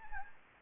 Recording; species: mosquito wingbeat signal from an infrared sensor; Anopheles gambiae